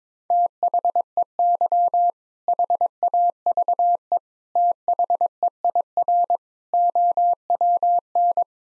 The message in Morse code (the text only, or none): THEY HAVE THEIR OWN